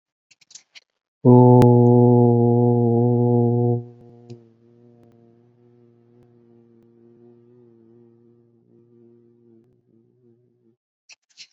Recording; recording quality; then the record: sustained vowel as in boot; excellent, no background noise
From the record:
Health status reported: healthy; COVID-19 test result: negative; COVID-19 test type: RT-PCR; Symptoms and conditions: cold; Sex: male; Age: 28 years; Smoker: no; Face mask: not worn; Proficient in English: yes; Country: India